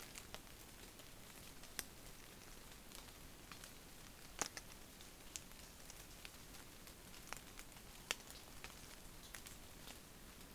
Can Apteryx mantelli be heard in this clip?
no